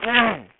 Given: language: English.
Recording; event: throat vibration sensor signal played as sound; throat clearing